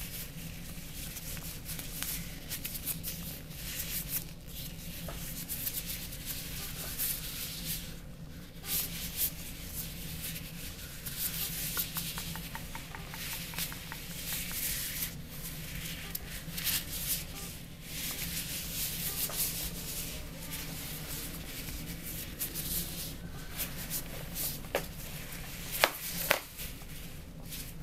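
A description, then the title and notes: Vinyl gloves rub and crinkle steadily with brief pauses, over a low hum, with a few sharper snaps near the end. ASMR Vinyl Gloves Sounds + Hand Movements.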